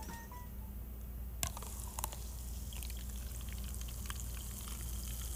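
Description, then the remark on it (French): Carbonated soda, just poured into a glass over a microphone, fizzes: after a sharp clink, a dense spray of tiny crackling pops and ticks carries on steadily over a low constant hum, with no voices. “T'entends-tu le pétillant?”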